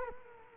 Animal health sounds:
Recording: mosquito wingbeat signal from an infrared sensor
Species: Culex quinquefasciatus

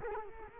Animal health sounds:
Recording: mosquito wingbeat signal from an infrared sensor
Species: Culex quinquefasciatus

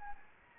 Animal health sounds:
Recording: mosquito wingbeat signal from an infrared sensor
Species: Anopheles gambiae

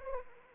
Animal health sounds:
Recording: mosquito wingbeat signal from an infrared sensor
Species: Anopheles arabiensis

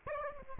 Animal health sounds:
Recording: mosquito wingbeat signal from an infrared sensor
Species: Aedes aegypti

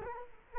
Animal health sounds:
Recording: mosquito wingbeat signal from an infrared sensor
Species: Culex quinquefasciatus

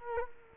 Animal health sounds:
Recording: mosquito wingbeat signal from an infrared sensor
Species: Culex quinquefasciatus

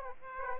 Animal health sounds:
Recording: mosquito wingbeat signal from an infrared sensor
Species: Aedes aegypti

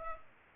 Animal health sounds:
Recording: mosquito wingbeat signal from an infrared sensor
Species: Aedes aegypti

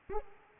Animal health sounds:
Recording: mosquito wingbeat signal from an infrared sensor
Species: Aedes aegypti

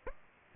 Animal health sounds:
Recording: mosquito wingbeat signal from an infrared sensor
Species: Aedes aegypti

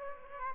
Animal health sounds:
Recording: mosquito wingbeat signal from an infrared sensor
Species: Aedes aegypti

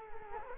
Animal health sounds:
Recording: mosquito wingbeat signal from an infrared sensor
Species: Culex quinquefasciatus

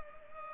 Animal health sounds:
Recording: mosquito wingbeat signal from an infrared sensor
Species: Culex pipiens

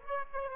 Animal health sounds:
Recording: mosquito wingbeat signal from an infrared sensor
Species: Aedes aegypti

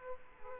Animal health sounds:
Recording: mosquito wingbeat signal from an infrared sensor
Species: Aedes aegypti

